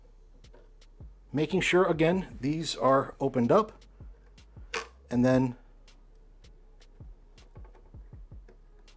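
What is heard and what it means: A second RAM stick is turned to the correct orientation and handled over an open motherboard DIMM slot with its retention latches open, in a Corsair FRAME 4000D case build. Someone talks, and faint, evenly spaced ticks are heard. The module has not seated or clicked into the slot yet.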